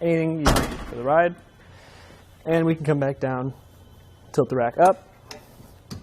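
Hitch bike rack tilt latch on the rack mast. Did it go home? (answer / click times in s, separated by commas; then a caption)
yes / 5.3 s, 5.9 s. Someone talks as a Hollywood Racks Sport Rider SE hitch bike rack for two electric bikes, mounted on a 2021 Mazda CX-5, is tilted back up from its lowered position. Two ticking metal clicks come from the tilt latch on the rack mast at 5.3 s and 5.9 s, and the rack locks in place.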